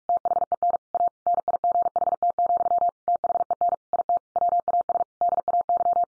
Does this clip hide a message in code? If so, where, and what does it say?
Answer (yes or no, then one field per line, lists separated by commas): yes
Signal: Morse code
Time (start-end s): 0.1-6.0 s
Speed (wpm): 44 wpm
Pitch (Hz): 700 Hz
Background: none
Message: THEN A NIGHT, THEN IT WAS DAY